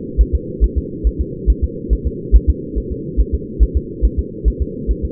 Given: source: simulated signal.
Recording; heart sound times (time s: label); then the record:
fetal heart sounds
0.21 s: S1
0.35 s: S2
0.64 s: S1
0.78 s: S2
1.07 s: S1
1.21 s: S2
1.50 s: S1
1.64 s: S2
1.93 s: S1
2.07 s: S2
2.36 s: S1
2.50 s: S2
2.78 s: S1
2.92 s: S2
3.21 s: S1
3.34 s: S2
3.63 s: S1
3.77 s: S2
4.05 s: S1
4.19 s: S2
4.48 s: S1
4.62 s: S2
4.91 s: S1
5.05 s: S2
From the record:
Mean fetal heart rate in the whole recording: 140 bpm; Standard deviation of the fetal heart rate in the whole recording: 2 bpm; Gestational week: 34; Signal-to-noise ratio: -4.1 dB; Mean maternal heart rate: no maternal heart sound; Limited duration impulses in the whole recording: absent